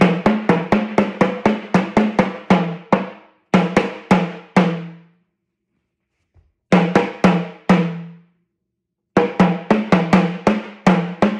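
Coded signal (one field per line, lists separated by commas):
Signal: talking drum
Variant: Yoruba sakara drum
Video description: Playing "Aṣiri Wa Tẹ Nfẹju Toto Mọ" with the Yoruba Orunsha Sakara talking drum by Jammal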